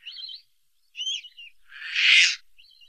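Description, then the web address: Caspian tern making short, squeaky, chattering notes, then a single loud, hoarse, rasping cry and one more short squeaky note. "Songs of Birds of North America Stokes. Caspian Tern"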